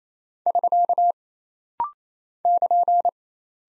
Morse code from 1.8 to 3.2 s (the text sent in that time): <KN>